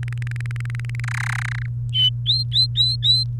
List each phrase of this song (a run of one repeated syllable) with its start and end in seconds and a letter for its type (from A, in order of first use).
0.03-1.00 A, 1.04-1.66 B, 1.93-3.24 C